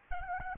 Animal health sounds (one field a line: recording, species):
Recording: mosquito wingbeat signal from an infrared sensor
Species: Aedes albopictus